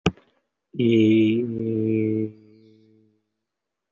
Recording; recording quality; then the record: sustained vowel as in beet; excellent, no background noise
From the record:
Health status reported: respiratory illness, not identified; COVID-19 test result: negative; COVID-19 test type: RT-PCR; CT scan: taken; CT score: 0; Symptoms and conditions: another respiratory illness, another condition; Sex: male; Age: 19 years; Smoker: no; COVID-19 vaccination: none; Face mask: worn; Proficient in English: yes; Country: India